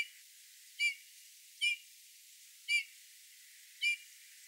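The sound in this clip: Eurasian bullfinch, four mellow piping whistles, each short and slightly falling, spaced about one second apart against a quiet background.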